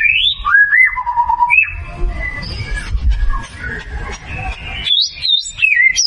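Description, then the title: White-rumped shama song: a continuous run of clear whistles sliding up and down, some held and some looping, over a steady low rumbling background noise. Lure sound meant to make a white-rumped shama respond and sing vigorously ('gacor'). "PANCINGAN MURAI BATU GACOR LANGSUNG RESPON"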